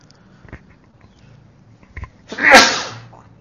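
human body sound, sneeze

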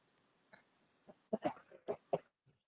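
human body sound, cough

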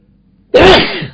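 human body sound, sneeze

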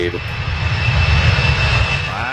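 sound effect, airplane engine sound effect

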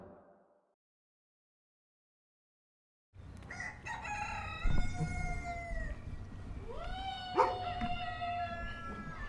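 bird, rooster crowing

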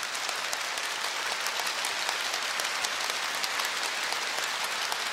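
crowd, audience applause

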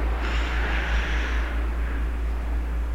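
vehicle, airplane flying overhead

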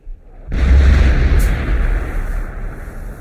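sound effect, artillery gunfire

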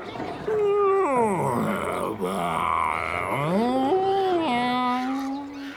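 animal, tiger roaring

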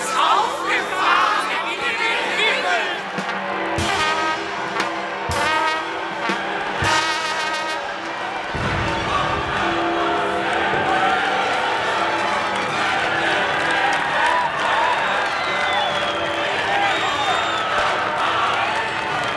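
crowd, crowd cheering and shouting

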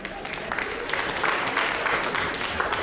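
crowd, audience applause

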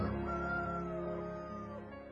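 bird, jungle fowl crowing

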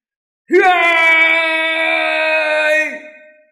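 sound effect, long drawn-out scream

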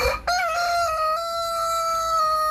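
bird, rooster crowing

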